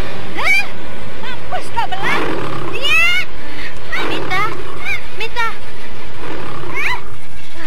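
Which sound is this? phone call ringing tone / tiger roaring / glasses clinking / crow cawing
tiger roaring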